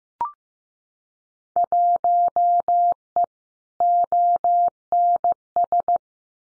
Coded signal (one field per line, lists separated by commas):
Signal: Morse code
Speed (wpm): 15 wpm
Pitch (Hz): 700 Hz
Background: none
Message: 1E ONS